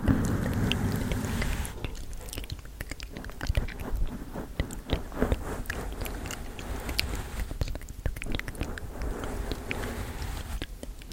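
Close, dense brushing and scratching against a microphone, with crackly clicks and soft rustles throughout, louder and fuller in the first two seconds.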